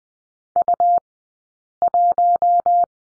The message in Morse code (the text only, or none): U1